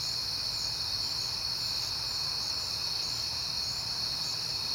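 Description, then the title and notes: Crickets chirping in a dense, continuous high trill, a steady chorus with faint low rumble underneath. Crickets on a peaceful night in September. "Night Time: Crickets and Passing Cars. It is September and I have been hearing the crickets a lot"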